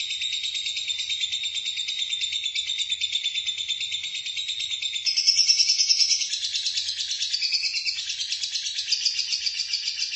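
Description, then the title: Lovebird song: a long, dense, buzzy trill of rapid high notes, continuous for the whole stretch, loudest around the middle and shifting higher in its second half. "BM Suara Burung Lovebird"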